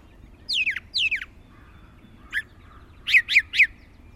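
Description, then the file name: Brown thrasher song: two descending slurred notes, a single short note, then three quick matching downslurred notes. "suara kicauan brown thrasher"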